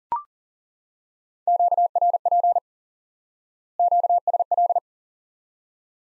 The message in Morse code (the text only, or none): QRP QSL